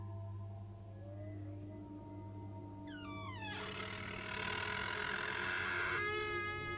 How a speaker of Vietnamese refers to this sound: Xong, ông cẩn thận từ từ hé mở cánh cửa. Cái bản lề cũ kỹ nó lại rít lên kèn kẹt nghe rợn người.